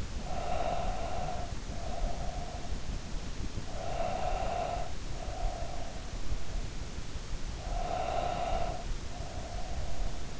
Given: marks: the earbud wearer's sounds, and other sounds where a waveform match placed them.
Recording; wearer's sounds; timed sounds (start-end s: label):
sounds in sleep by an in-ear microphone; breath
0.00-2.94 s: breath
3.56-6.22 s: breath
7.50-10.40 s: breath